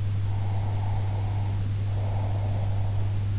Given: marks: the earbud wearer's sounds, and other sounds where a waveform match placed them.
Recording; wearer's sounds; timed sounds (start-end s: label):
sounds in sleep by an in-ear microphone; breath
0.16-3.16 s: breath